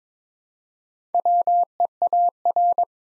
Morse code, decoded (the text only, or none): WEAR